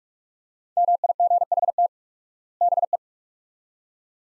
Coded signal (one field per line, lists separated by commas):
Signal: Morse code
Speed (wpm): 46 wpm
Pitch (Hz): 700 Hz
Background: none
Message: MIGHT BE